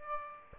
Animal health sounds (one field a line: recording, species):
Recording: mosquito wingbeat signal from an infrared sensor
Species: Aedes aegypti